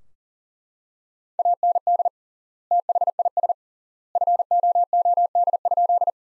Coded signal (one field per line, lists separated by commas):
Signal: Morse code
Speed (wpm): 40 wpm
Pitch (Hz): 700 Hz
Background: none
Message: AND THIS FOOD?